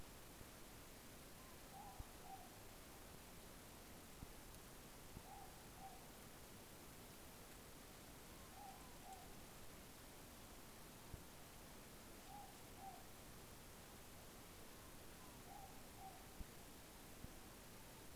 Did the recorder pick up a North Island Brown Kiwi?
no